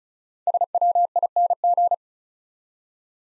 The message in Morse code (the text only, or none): SWING